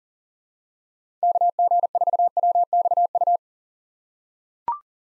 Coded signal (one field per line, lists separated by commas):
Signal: Morse code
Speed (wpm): 40 wpm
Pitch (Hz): 700 Hz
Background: none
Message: KG4WXU